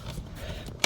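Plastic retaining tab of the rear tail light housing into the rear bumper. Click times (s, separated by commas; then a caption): 0.8 s. A rear turn signal tail light housing on a 2024-2026 Hyundai Kona is pushed back into the rear bumper so its plastic retaining tabs snap into place. Low, steady rumbling fills the clip until a sharp snap at 0.8 s, when the tabs seat into the bumper.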